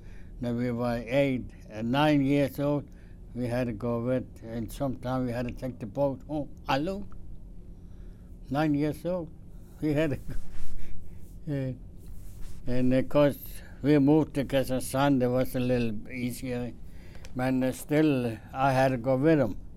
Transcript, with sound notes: When we were eight and nine years old, we had to go with and sometimes we had to take the boat home alone, 9 years old, we had to.... (chuckles) Yeah. And of course, we moved to Kristiansand, there was a little easier, but still I had to go with him.